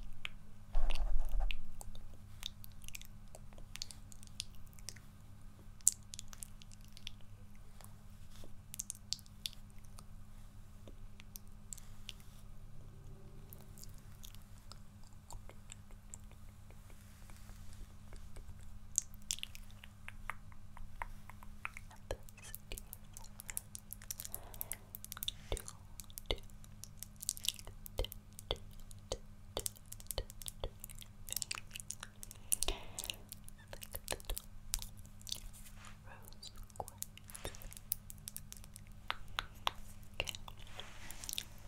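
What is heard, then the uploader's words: Soft, wet mouth sounds: small clicks, smacks and squishy pops arrive in irregular clusters, growing busier and more continuous after about twenty seconds. A low, steady hum sits underneath throughout. ASMR Gently Touching & Poking Your Face (Personal AttentionSoft Mouth Sounds).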